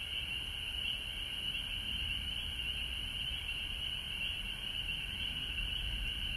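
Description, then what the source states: A continuous high frog chorus pulses evenly throughout, over a soft low background hum. Frogs recorded at home in Georgia on March 19, 2020.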